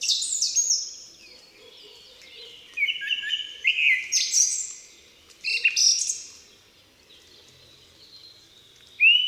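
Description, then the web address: Song thrush song: varied phrases of clear whistles, shrill high notes and lower fluty slurs, each phrase different, with brief pauses between them. "Ptaki Spiewak"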